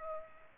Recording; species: mosquito wingbeat signal from an infrared sensor; Aedes aegypti